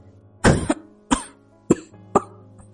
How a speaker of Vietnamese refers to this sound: Lại kẻ ho. Đổng Ngạc Phi nói chậm rãi.